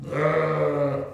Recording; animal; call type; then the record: contact call of a hoofed animal; sheep; low-frequency (closed-mouth) or high-frequency (open-mouth) call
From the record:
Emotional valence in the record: negative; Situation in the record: short social isolation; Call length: 1.13 s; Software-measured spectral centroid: 1250 Hz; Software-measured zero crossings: 1240 a second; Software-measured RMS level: -24 dBFS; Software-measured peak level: -8 dBFS